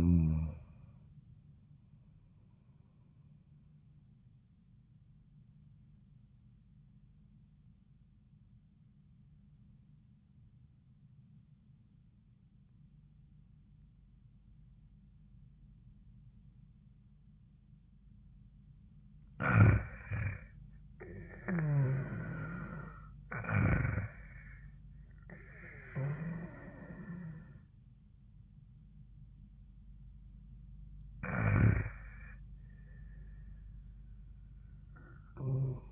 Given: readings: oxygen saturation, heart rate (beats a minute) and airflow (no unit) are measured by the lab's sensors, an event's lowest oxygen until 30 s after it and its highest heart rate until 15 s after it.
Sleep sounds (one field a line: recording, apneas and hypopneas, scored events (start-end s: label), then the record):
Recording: breathing in sleep by a smartphone at the bedside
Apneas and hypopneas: 1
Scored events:
8.00-19.70 s: obstructive apnea (N1, oxygen 96% highest, then 90% lowest, heart rate 77 at the start, 86 highest)
From the record:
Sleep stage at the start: N1 (lightest sleep)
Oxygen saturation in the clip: 90 to 96%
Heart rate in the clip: 76 to 86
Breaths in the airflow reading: 4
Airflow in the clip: -9.8 to 14.2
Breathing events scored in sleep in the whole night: 400 in 8.7 hours asleep